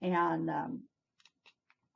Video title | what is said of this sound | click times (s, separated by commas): Avon Campaign 24 Product Picks and Preview | if you don't get that inner lid closed this one won't snap shut so | none